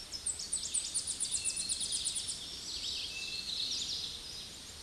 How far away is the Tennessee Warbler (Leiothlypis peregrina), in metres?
about 30 m